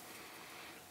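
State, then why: Not seated. The small plastic finger on the rear wheel assembly of a ZenWheels micro RC car is lined up and pressed toward a socket on the bottom of the chassis. Only a steady, even broadband hiss is heard, with no sharp transient. Nothing has seated or clicked into place yet, and the finger fails to click into the socket.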